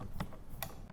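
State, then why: Seated. The bolt handle of a cock-on-open bolt-action rifle is lifted, and the cocking piece in the receiver catches the firing pin in the cocked position. A softer tick at 0.2 s is followed by a sharp, clean click at 0.6 s. The bolt is cocked and sits in the rear position.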